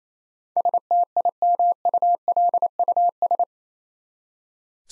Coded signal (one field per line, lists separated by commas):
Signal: Morse code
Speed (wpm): 28 wpm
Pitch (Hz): 700 Hz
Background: none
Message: STIMULUS